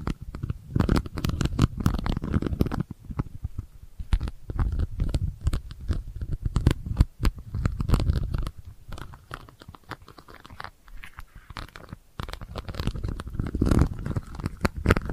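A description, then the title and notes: Delicate scratching made of dense, rapid crackles and sharp ticks, with a soft low rubbing underneath. It comes in uneven bursts, easing off briefly around four seconds and again between nine and eleven seconds before picking back up. ASMR Delicate Scratching for Sleep (No Talking).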